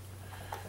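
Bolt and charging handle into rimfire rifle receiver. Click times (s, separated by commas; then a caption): 0.5 s. The bolt and charging handle of a Ruger 10/22 rimfire rifle, slid back in the receiver, are let forward slightly until the bolt clicks into place. One soft metal click is heard at 0.5 s over a steady low hum. The bolt is confirmed seated.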